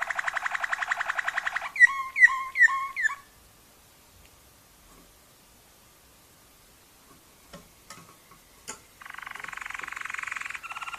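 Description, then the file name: Waterslager canary gives a buzzy trill and a few bubbling gurgles, falls silent for several seconds with faint clicks, then resumes trilling. Waterslager breed canary; song variations. "kenari waterslager variasi omkicau"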